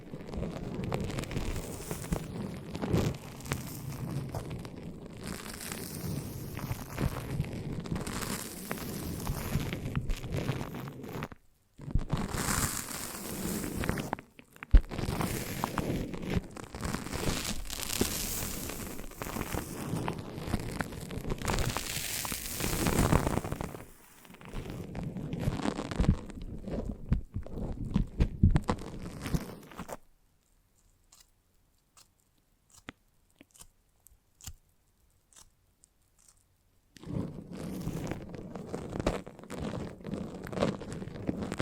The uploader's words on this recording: ASMR The Foamiest and Stickiest Brain Massage (No Talking).